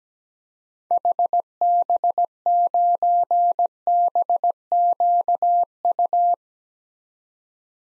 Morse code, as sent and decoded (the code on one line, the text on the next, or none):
.... -... ----. -... --.- ..-
HB9BQU